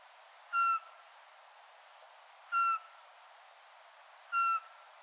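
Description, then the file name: Eurasian pygmy owl giving a clear, monotone whistled note three times, spaced roughly two seconds apart, over a faint steady hiss. "sperlingskauz"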